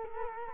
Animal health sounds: mosquito wingbeat signal from an infrared sensor; Culex quinquefasciatus

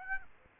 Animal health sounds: mosquito wingbeat signal from an infrared sensor; Aedes aegypti

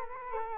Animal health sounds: mosquito wingbeat signal from an infrared sensor; Culex quinquefasciatus

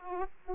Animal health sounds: mosquito wingbeat signal from an infrared sensor; Aedes aegypti

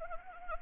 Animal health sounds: mosquito wingbeat signal from an infrared sensor; Anopheles arabiensis

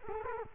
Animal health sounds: mosquito wingbeat signal from an infrared sensor; Culex quinquefasciatus

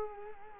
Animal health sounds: mosquito wingbeat signal from an infrared sensor; Culex quinquefasciatus

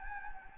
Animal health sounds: mosquito wingbeat signal from an infrared sensor; Anopheles gambiae

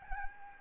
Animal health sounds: mosquito wingbeat signal from an infrared sensor; Aedes albopictus

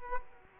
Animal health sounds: mosquito wingbeat signal from an infrared sensor; Culex quinquefasciatus

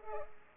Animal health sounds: mosquito wingbeat signal from an infrared sensor; Culex pipiens

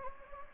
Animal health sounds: mosquito wingbeat signal from an infrared sensor; Anopheles gambiae

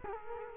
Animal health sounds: mosquito wingbeat signal from an infrared sensor; Culex quinquefasciatus

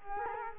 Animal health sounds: mosquito wingbeat signal from an infrared sensor; Culex quinquefasciatus

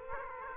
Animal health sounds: mosquito wingbeat signal from an infrared sensor; Aedes aegypti

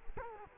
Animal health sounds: mosquito wingbeat signal from an infrared sensor; Culex quinquefasciatus

